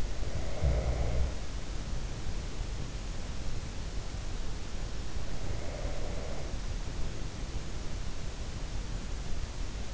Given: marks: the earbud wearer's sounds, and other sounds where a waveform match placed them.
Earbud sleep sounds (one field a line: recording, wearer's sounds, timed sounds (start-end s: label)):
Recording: sounds in sleep by an in-ear microphone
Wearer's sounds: snoring breath, breath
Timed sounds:
0.00-2.85 s: snoring breath
5.08-7.48 s: breath